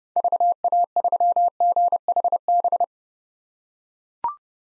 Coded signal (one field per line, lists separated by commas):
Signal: Morse code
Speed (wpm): 30 wpm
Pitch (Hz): 700 Hz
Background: none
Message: VA3GHB